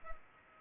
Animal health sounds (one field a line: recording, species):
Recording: mosquito wingbeat signal from an infrared sensor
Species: Culex pipiens